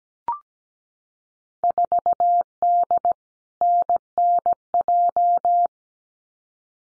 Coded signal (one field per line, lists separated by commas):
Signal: Morse code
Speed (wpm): 17 wpm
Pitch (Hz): 700 Hz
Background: none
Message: 4D NNJ